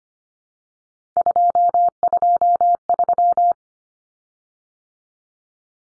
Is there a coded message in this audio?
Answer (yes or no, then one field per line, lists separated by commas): yes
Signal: Morse code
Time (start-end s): 1.2-3.5 s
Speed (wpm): 25 wpm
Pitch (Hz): 700 Hz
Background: none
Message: 223